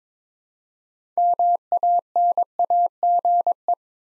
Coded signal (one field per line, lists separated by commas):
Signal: Morse code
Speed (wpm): 23 wpm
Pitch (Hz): 700 Hz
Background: none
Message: MANAGE